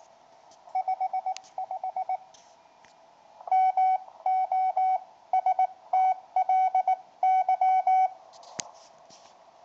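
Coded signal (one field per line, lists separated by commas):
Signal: Morse code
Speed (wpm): 21 wpm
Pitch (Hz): 750 Hz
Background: none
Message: 55 MOSTLY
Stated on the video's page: 80 m QRP contact using an end-fed half-wave wire 4 ft high.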